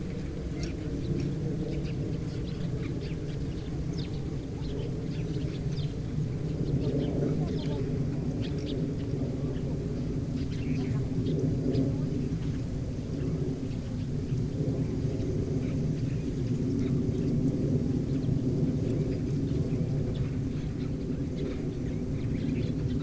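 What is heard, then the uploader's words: Distant workers tend crops on a quiet morning, their voices and tool sounds faint and far off. A low, steady rumble fills the background throughout, with soft clicks and brief higher sounds scattered across the clip and a slight swell near the middle. Distant workers tending crops. Plane. Quiet morning.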